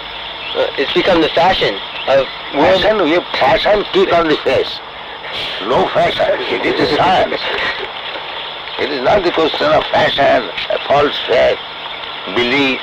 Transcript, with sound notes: It's become the fashion of world...
Fashion? Your fashion, kick on the face! No fashion. [devotees laugh] It is a science. It is not the question of fashion, a false faith, belief.